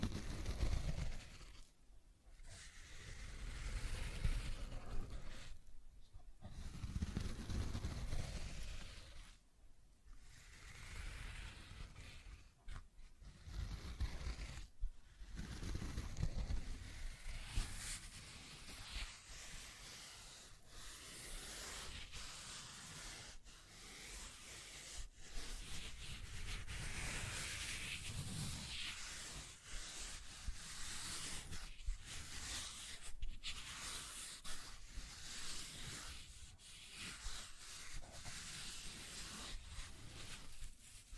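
Scratching and tracing sounds, a dry rubbing of something drawn across a surface in long continuous strokes. The texture stays dense and gritty throughout, broken by brief pauses about every few seconds, most clearly in the first fifteen seconds, with occasional sharper scratches.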